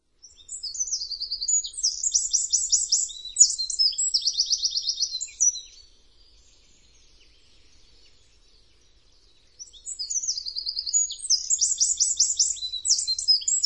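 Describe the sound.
Eurasian wren delivering two long, loud phrases of high trills and rattles, each around five seconds, separated by a few seconds of near silence.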